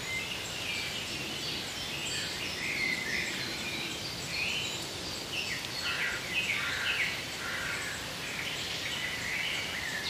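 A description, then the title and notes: Woodland birds chirp and call continuously over a steady hiss of background noise, their bright overlapping calls busiest in the middle seconds. IN THE WOODS.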